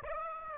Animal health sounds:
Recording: mosquito wingbeat signal from an infrared sensor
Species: Aedes aegypti

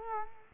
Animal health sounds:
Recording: mosquito wingbeat signal from an infrared sensor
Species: Culex quinquefasciatus

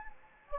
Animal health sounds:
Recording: mosquito wingbeat signal from an infrared sensor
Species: Anopheles gambiae

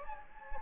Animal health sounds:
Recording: mosquito wingbeat signal from an infrared sensor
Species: Anopheles gambiae

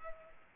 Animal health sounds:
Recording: mosquito wingbeat signal from an infrared sensor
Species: Aedes aegypti

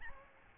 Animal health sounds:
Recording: mosquito wingbeat signal from an infrared sensor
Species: Aedes albopictus

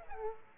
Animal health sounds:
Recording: mosquito wingbeat signal from an infrared sensor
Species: Aedes aegypti

